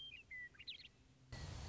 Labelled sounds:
Western Meadowlark (Sturnella neglecta)
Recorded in Sonoma County, California

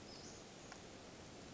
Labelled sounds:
Western Flycatcher (Empidonax difficilis)
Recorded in Sonoma County, California

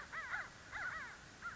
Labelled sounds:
American Crow (Corvus brachyrhynchos)
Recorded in Sonoma County, California

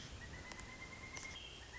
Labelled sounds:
Pileated Woodpecker (Dryocopus pileatus)
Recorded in Sonoma County, California

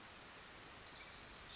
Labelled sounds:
Pacific Wren (Troglodytes pacificus)
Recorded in Sonoma County, California

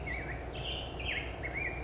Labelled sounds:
Black-headed Grosbeak (Pheucticus melanocephalus)
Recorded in Sonoma County, California

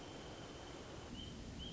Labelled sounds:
Wrentit (Chamaea fasciata)
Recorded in Sonoma County, California

